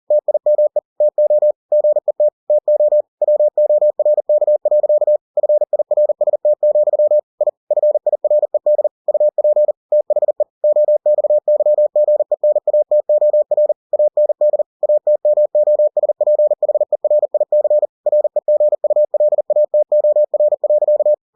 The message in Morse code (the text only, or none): TIME TO GET TO WORK. FIRST, I FIRED UP THE OXYGENATOR AND ATMOSPHERIC REGULATOR.